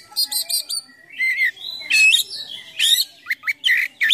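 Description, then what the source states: Oriental magpie-robin singing a varied song: quick high chirp trills, then sliding whistles and harsh notes in short bursts, with brief pauses between phrases. Kacer song in 'gacor full isian mewah' style: a continuous, full song packed with imitations of other sounds.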